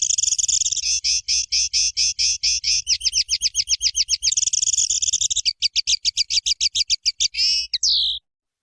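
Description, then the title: Streaked spiderhunter song: fast strings of high, clipped notes change rhythm repeatedly and end in a few slurred, downward notes, over a soft low hum. Long, clear, vigorous singing; tutor song for training songbirds. "Pijantung Gunung Gacor Jernih Panjang"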